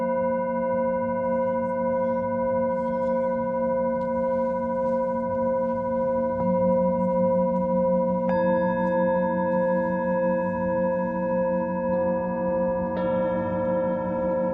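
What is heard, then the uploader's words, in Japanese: Singing bowls ring in a steady, sustained drone of layered tones, with fresh strikes adding brighter ringing near 6, 8, 12 and 13 seconds. メキシコから シンギングボウルのサウンドヒーリング。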